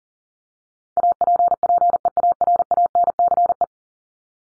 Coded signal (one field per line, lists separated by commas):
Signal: Morse code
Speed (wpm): 40 wpm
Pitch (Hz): 700 Hz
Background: none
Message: APPEARANCE